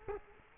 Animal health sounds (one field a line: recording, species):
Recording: mosquito wingbeat signal from an infrared sensor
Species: Culex quinquefasciatus